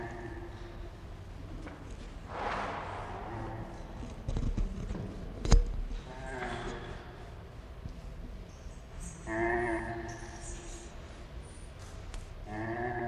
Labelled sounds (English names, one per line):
Indian Rhinoceros